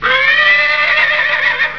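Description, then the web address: Horse whinny: one sustained neigh lasting nearly two seconds, steady in pitch with a slight rise at the start. "K-CD 2002-03. horse"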